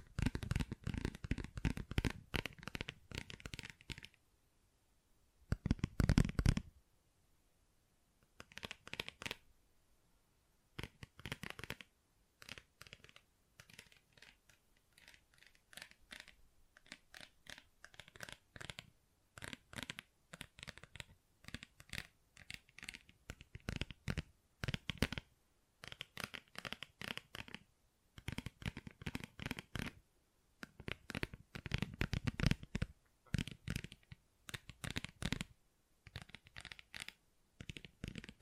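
Tapping and scratching on textured surfaces, with dense bursts of quick crisp strokes and brief pauses, the busiest stretches near the start and end.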